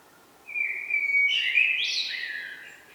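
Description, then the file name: Common blackbird with a single smooth whistled phrase that rises into a brief, squeaky high flourish before fading. "Turdus merula"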